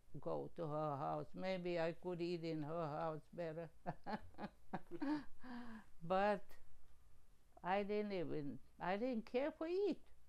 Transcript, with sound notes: go to her house, maybe I could eat in her house better. (laughing) But, I didn't even, I didn't care for eat.